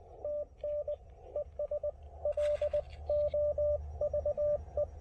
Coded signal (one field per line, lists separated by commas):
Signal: Morse code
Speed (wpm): 19 wpm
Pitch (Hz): 590 Hz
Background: radio noise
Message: TN ES LOVE